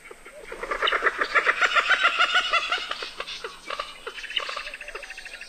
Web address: Songs of Birds of North America. Common Moorhen